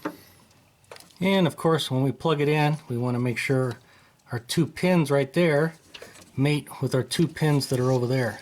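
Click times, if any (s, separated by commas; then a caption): none. A two-pin plastic harness connector is lined up to plug into the rear power window regulator motor of a 2006-2011 Honda Civic while someone talks, with a few faint handling taps early on. Nothing has seated or clicked yet; the connector is not home.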